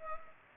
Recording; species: mosquito wingbeat signal from an infrared sensor; Culex pipiens